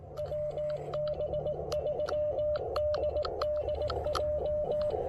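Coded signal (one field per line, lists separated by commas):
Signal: Morse code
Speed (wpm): 18 wpm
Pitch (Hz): 600 Hz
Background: music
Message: WB3DDJ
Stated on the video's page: CW POTA activation at a historic site with Icom IC-703 Plus, QRP, on 20 and 17 meters.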